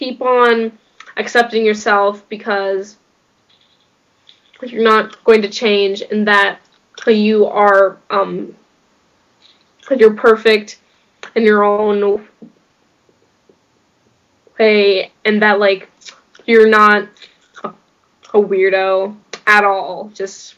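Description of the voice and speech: A 16-year-old girl who has stuttered for 13 years speaks in short bursts broken by silent mid-phrase blocks of up to two seconds, with stretched sounds such as on 'own' and 'way' and a restart ('you are, you're'). These are the blocks and prolongations of stuttering.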